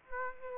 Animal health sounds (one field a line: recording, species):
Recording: mosquito wingbeat signal from an infrared sensor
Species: Aedes aegypti